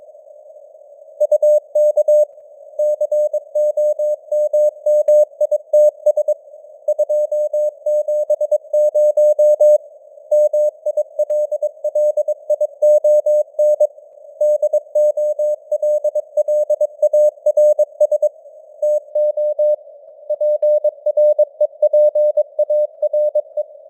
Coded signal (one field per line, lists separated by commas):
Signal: Morse code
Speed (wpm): 22 wpm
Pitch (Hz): 600 Hz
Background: none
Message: UK COMMITS 270 MILLION DOLLARS TO PREPARE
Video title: Morse Code News | 2026-01-10 | 22wpm